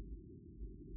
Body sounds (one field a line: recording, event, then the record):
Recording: neck accelerometer signal played as sound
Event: no cough (speech, laughter, throat clearing or background)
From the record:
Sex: male